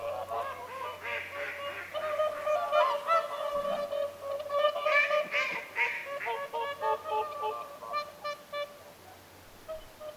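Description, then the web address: Whooper swans bugling continuously, many overlapping trumpet-like honks rising and falling in intensity, with a faint low hum. Whooper swans calling at Lintulahti on 6 November 2025. "paivat 6 11 2025 laulujoutsenten aantelya lintulahdella"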